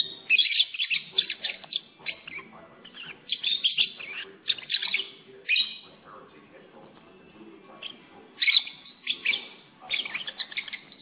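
Lovebird twittering in dense bursts of shrill chirps.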